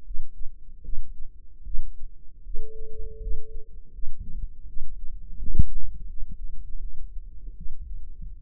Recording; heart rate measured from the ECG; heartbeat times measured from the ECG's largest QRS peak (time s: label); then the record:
heart sounds by microphone in the right ear; 79 bpm
0.03 s: heartbeat
0.81 s: heartbeat
1.62 s: heartbeat
2.42 s: heartbeat
3.18 s: heartbeat
3.91 s: heartbeat
4.65 s: heartbeat
5.38 s: heartbeat
6.06 s: heartbeat
6.79 s: heartbeat
7.55 s: heartbeat
8.36 s: heartbeat
From the record:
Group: healthy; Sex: female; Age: 19 years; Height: 163 cm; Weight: 51 kg